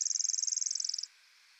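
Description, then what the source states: Pacific wren, one very fast, even, high trill of rapidly repeated notes lasting about a second. Very loud, lively and incessantly vocal, with unique vocalizations.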